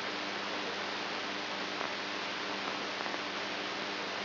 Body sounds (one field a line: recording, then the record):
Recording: brain microelectrode recording played as sound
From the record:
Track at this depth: inside the subthalamic nucleus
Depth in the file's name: 3.518 mm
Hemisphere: right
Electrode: 2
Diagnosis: Parkinson's disease